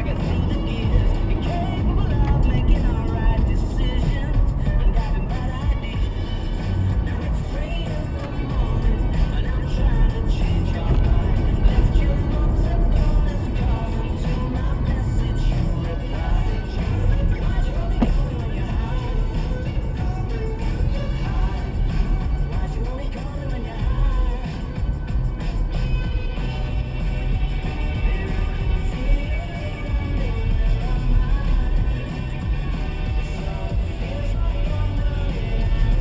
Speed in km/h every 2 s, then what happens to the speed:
72, 69, 68, 64, 64, 64, 60, 53, 50, 48, 47, 48, 48, 47, 47, 45, 47, 48.
0-5 slows to 64. 5-10 steady at about 64. 10-17 slows to 48. 17-36 steady at about 47.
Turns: none.